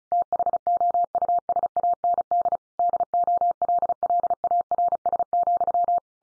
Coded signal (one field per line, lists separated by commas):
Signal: Morse code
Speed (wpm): 34 wpm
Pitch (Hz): 700 Hz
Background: none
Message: THOUSAND DOLLARS,